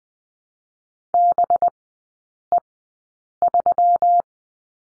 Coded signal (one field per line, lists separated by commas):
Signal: Morse code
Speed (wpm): 20 wpm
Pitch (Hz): 700 Hz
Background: none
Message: BE3